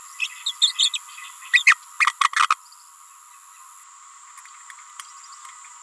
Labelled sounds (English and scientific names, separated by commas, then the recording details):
Green-rumped Parrotlet (Forpus passerinus) babbling
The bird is a female
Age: 28 days
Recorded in a nest box in Venezuela
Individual 17B31A3